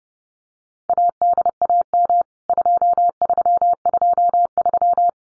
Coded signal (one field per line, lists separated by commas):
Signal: Morse code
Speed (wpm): 30 wpm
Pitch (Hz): 700 Hz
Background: none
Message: ADAM 2323